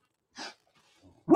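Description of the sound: A single brief, muffled burst of hissing air, a stifled sneeze from an adult man, attributed to spring fever and allergies, followed by near silence. A loud voice starts abruptly at the very end.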